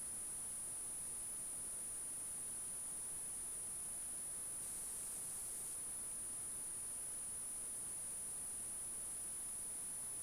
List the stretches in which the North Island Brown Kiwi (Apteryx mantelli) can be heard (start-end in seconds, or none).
none